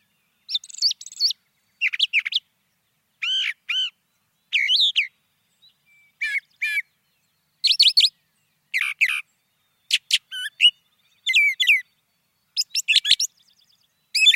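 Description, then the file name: Brown thrasher song of varied phrases poured out steadily with short gaps. "suara-kicauan-brown-thrasher 2-omkicau"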